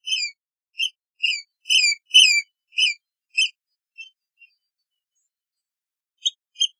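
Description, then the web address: Seabird giving a run of sharp, high squealing calls in quick succession, fading to a few faint notes, then a silence before two final calls. "soundlibrary Animals Birds Sea Bird Isolated"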